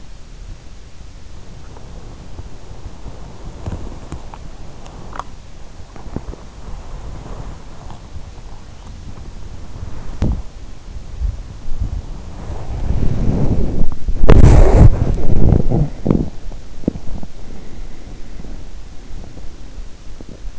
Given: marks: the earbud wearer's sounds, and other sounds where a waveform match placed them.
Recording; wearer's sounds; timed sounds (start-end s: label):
sounds in sleep by an in-ear microphone; body movement, teeth grinding, talking in sleep
0.00-18.68 s: body movement
3.82-5.47 s: teeth grinding
15.56-16.09 s: talking in sleep
18.28-20.59 s: teeth grinding